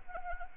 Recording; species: mosquito wingbeat signal from an infrared sensor; Anopheles arabiensis